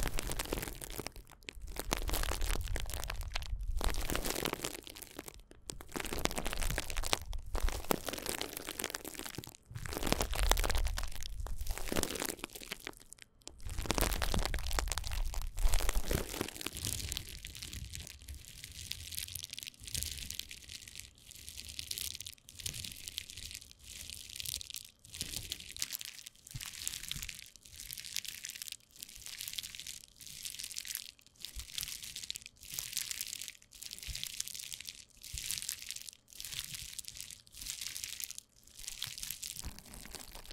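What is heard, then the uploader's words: Bubble wrap packaging is handled, with dense crinkling, crunching and squeezing that fills the first fifteen seconds with heavy low thumps. After that the handling turns lighter and more rhythmic, a steady run of crisp crinkles about once a second. 包材觸發. Bubble bag triggers.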